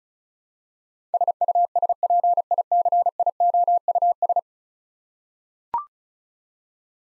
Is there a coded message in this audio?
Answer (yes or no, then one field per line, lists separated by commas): yes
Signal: Morse code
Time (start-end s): 1.1-4.4 s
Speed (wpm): 36 wpm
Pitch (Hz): 700 Hz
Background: none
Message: SUSPICIOUS